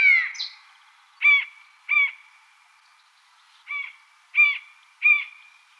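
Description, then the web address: Long-legged buzzard calling with a long downslurred mew, then short, clipped yelping notes given singly at irregular intervals. "Schulze Peter Long-legged Buzzard"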